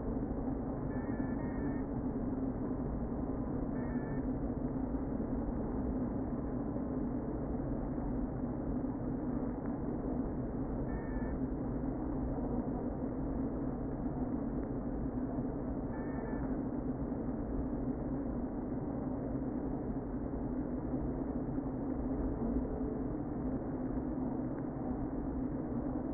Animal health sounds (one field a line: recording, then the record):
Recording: honeybee colony, microphone inside the hive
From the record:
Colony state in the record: queen present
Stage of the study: before two queens were removed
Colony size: about 60,000 bees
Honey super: yes